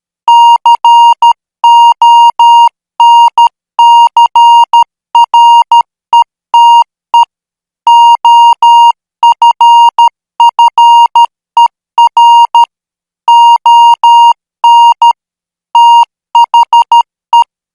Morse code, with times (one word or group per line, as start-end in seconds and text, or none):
0.3-7.2 CONCRETE
7.9-12.6 OFFER
13.3-15.1 ON
15.8-17.4 THE